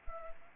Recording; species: mosquito wingbeat signal from an infrared sensor; Anopheles arabiensis